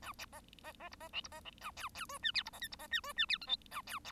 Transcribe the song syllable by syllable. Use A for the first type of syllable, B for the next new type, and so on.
A B B B C B D C B D A E E F G H C B I C B G F G H J K A E